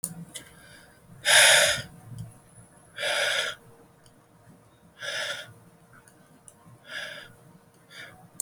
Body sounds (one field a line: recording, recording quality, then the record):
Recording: deep breathing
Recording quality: excellent, no background noise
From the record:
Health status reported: exposed to COVID-19, no respiratory illness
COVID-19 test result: negative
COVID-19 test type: rapid antigen test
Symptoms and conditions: cough, breathing difficulty, diarrhoea, another respiratory illness, another condition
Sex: male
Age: 27 years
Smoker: no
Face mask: worn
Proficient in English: yes